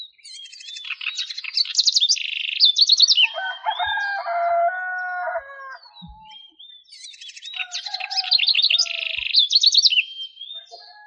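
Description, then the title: Bird song: high thin whistled glides and fast rattling trills, then a lower, steady, harmonic-rich phrase, and a final burst of rapid trills; faint low knocks. "LuckyPassaros CompletosSama"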